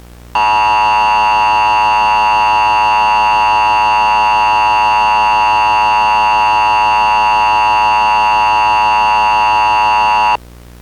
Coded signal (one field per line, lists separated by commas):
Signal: Emergency Alert System (SAME) tones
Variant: 853 and 960 Hz attention tone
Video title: EAS Sneak Peek - the corruption phenomenon